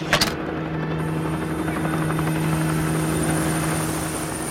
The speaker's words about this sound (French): Dans le ciel au-dessus de Furiani, des hélicoptères rouges de la sécurité civile se rapprochent et se posent au centre du terrain. Puis ils redécollent, emmenant des blessés.